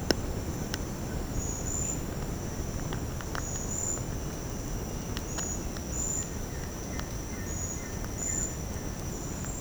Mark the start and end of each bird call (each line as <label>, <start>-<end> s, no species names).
bird call, 6.14-8.84 s